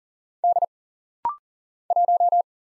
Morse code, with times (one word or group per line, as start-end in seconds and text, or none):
0.4-0.6 D
1.9-2.4 1